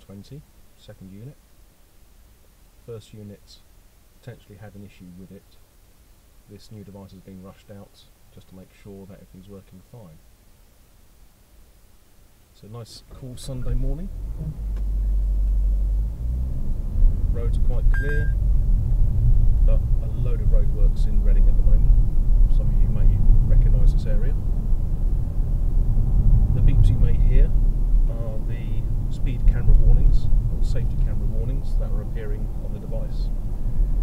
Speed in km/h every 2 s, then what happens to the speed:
0, 0, 0, 0, 0, 0, 0, 19, 26, 37, 42, 45, 45, 44, 42, 39, 42.
0-13 standing. 13-22 pulls away to 45. 22-34 steady at about 42.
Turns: none.